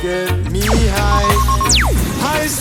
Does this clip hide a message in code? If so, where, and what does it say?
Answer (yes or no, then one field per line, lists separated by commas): no